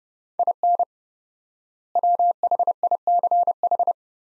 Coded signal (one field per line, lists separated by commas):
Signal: Morse code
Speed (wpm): 30 wpm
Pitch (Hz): 700 Hz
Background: none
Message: IN WHICH